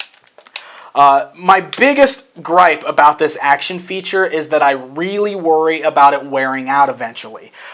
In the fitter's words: Everything is spring-loaded and snaps back into place.